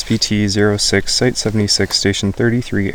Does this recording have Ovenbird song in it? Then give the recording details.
no. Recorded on 25 June 2016 at 16:34. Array SBT-6-76